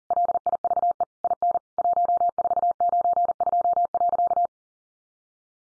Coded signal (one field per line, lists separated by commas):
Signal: Morse code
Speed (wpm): 40 wpm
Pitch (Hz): 700 Hz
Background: none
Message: LIVE IN 1492.